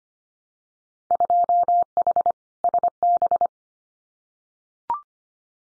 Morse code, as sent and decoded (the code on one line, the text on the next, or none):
..--- .... / ... -...
2H SB